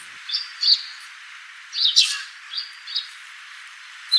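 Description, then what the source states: Eurasian tree sparrow chirping softly, with thin twittering notes and a brief louder, harsher burst midway. Recorded on Kamishima island, Mie Prefecture, Japan.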